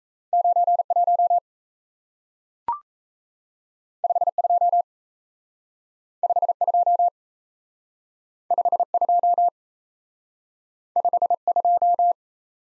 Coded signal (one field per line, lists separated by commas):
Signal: Morse code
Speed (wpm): 38 wpm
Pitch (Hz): 700 Hz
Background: none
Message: 91 52 52 52 52